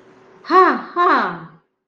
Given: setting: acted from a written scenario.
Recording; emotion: vocal sound without words; realization